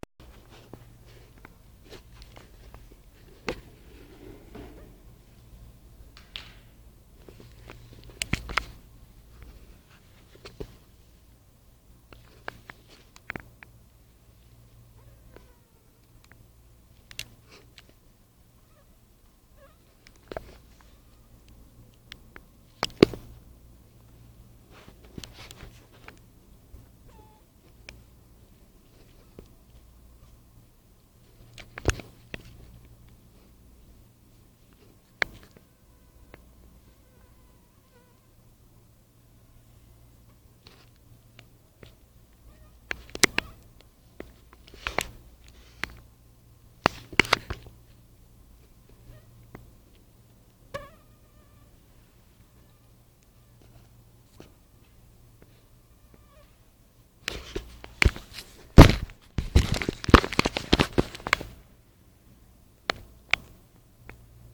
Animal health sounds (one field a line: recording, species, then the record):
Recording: mosquito flight sound by mobile phone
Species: Anopheles dirus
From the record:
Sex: male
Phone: Nokia 5235